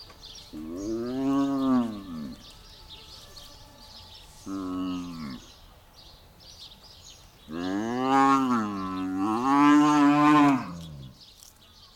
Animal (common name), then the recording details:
African Buffalo. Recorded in captivity. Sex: female. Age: adult. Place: Tierpark Berlin, Berlin, DE. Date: 1995-05-21 14:59. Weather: wolkig, 17°C. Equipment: Marantz CP 430, Sennheiser ME 80, Kopie Uher 4000 Report Monitor. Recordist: Tembrock, Günter. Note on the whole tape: Rotbüffel (s. c. nanus) Weibchen: agonistisch, Laute vom unterlegenen Tier